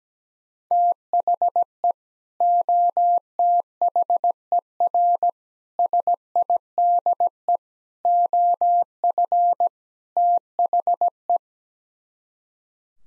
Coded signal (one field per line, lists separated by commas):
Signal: Morse code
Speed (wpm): 17 wpm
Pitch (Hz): 700 Hz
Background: none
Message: THE OTHER SIDE OF THE